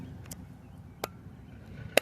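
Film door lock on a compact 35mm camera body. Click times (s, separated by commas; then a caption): 1.0 s, 2.0 s. The stiff film door lock on a Ricoh AF-5 compact 35mm camera body is unlocked, and the plastic back door is pulled slightly and pressed down, with faint ticks near 0.3 s. Sharp clicks ring out at 1.0 s and 2.0 s as the lock engages, and the back door snaps closed and seats.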